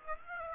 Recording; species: mosquito wingbeat signal from an infrared sensor; Aedes aegypti